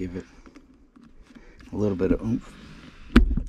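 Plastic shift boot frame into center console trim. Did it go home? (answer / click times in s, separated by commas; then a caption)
yes / 3.2 s. On a 2003 Volkswagen Golf TDI, the plastic frame of a new leather shift boot is pushed down into the center console opening while someone talks. A sharp click at 3.2 s marks the frame snapping home, and it is seated in place.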